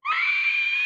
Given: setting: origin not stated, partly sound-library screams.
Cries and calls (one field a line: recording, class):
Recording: one-second piece from a danger detection set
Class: woman in danger